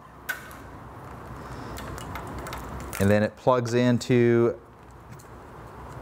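A small plastic cable clamp on a Vespa front end's wiring harness is closed after the harness cable is routed behind the original cable. It snaps shut with a sharp click at 0.3 s and is seated. A couple of faint ticks follow around 2.0 and 2.2 s, then someone talks.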